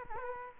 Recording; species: mosquito wingbeat signal from an infrared sensor; Culex quinquefasciatus